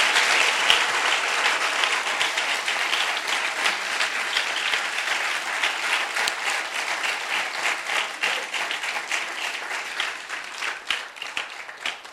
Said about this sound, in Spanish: ¿Cuánto le dan aplausos al Señor?